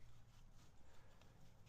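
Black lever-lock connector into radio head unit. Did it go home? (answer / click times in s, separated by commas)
no / none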